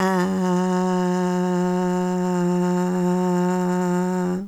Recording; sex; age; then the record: sustained vowel /a/; female; 50 to 59 years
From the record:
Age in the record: 55 years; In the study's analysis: included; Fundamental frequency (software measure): 181 Hz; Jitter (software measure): 0.38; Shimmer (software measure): 0.66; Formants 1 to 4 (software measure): 892 Hz, 1689 Hz, 2857 Hz, 4114 Hz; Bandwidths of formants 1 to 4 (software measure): 324 Hz, 277 Hz, 156 Hz, 397 Hz